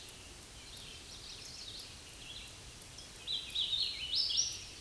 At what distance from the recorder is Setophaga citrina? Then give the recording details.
about 20 m. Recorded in a Pennsylvania forest on 18 May 2023 at 09:16. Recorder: AudioMoth, point grid1_16_low. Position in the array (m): 229 m, 148 m